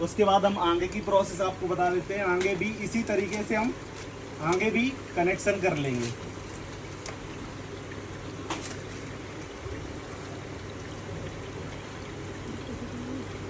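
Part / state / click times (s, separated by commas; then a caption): misting nozzle push-fit fitting onto plastic pipe / not seated / none. A fogger misting nozzle's push-fit fitting is being handled onto cut plastic misting pipe while someone talks for the first six seconds, followed by quieter handling and a brief sharp sound near 7.1 s. Nothing has seated or clicked yet; the clip ends just before the fitting goes home and locks onto the pipe.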